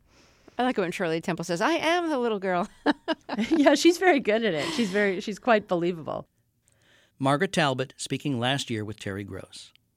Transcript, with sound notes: I like it when Shirley Temple says, I am the little girl.
(LAUGHTER)
Yeah, she's very good at it. She's very, she's quite believable.
Margaret Talbot, speaking last year with Terry Gross.